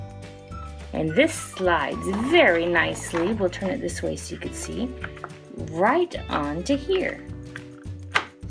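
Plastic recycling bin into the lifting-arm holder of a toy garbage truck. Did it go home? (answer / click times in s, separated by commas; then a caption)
yes / 8.2 s. Someone talks over background music while a plastic recycling bin is slid onto the holder on the lifting arm of a toy Play-Doh Tonka Rowdy the Trash Tossin' Garbage Truck. It snaps into place with a sharp click at 8.2 s, seating firmly so it won't fall off when the truck dumps.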